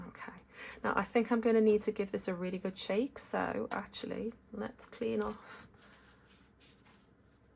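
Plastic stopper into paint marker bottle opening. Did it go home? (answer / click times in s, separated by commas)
no / none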